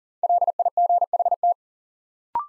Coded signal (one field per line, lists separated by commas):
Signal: Morse code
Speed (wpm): 40 wpm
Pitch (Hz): 700 Hz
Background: none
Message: LIGHT